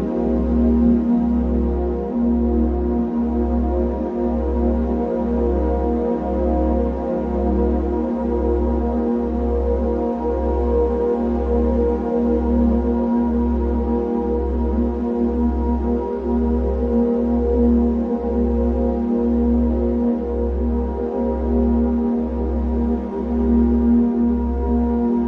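Binaural beat meditation music: a deep, low hum throbs in a steady pulse about once per second for the whole clip. Above it, sustained soft tones hold a calm drone at an even level, with no breaks or changes.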